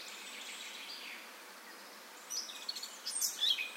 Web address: SETE Sylvia atricapilla